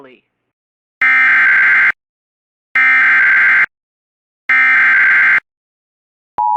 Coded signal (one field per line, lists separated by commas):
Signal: Emergency Alert System (SAME) tones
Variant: header bursts